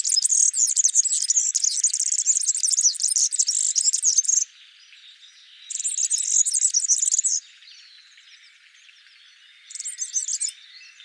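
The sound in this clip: European serin song: a long high-pitched, buzzy jingling twitter, then two shorter bursts after quiet gaps.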